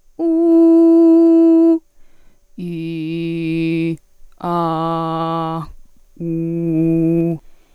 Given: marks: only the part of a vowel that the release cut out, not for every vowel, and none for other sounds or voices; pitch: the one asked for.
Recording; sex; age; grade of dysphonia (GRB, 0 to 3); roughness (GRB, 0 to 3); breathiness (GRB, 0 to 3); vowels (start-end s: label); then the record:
sustained vowels; female; 30 to 39 years; 0; 0; 0
0.42-1.67 s: vowel /u/, high pitch
2.74-3.75 s: vowel /i/, low pitch
4.57-5.50 s: vowel /a/, low pitch
6.31-7.21 s: vowel /u/, low pitch
From the record:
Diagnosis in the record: healthy voice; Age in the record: 30 years